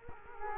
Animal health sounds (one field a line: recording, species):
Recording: mosquito wingbeat signal from an infrared sensor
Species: Culex quinquefasciatus